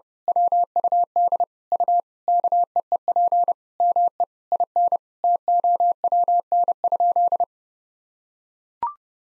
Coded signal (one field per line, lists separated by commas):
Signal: Morse code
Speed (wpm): 30 wpm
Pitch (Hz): 700 Hz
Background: none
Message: WUD U KEEP ME IN TOWN?